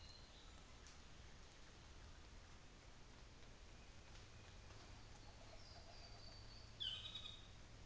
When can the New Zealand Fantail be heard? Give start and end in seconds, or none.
none